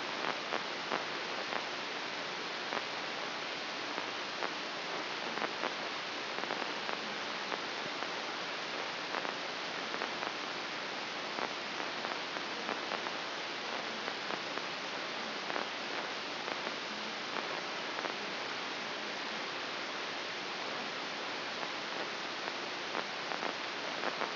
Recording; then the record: brain microelectrode recording played as sound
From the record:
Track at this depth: inside the subthalamic nucleus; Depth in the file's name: 3.228 mm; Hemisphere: left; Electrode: 3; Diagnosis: Parkinson's disease